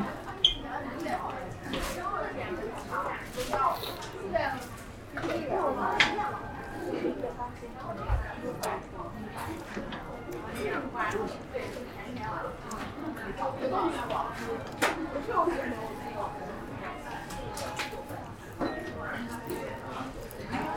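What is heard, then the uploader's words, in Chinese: A trip to eat noodles in Xiang'er Hutong: steady overlapping talk and chatter runs throughout, with frequent sharp clinks and clatters scattered across it. Brief short tones sound around six seconds and again near fifteen to seventeen seconds, and a low thump lands near eight seconds. 去香饵胡同吃小面｜城市声音。下午。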